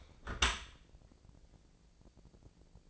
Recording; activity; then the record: daily activity, microphone in the room; close dishwasher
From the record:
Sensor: 5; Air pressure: 1012.4 hPa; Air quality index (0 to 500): 158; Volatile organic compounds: 2 ppm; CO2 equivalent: 1073 ppm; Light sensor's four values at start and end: 114/273/116/131 and 114/272/116/131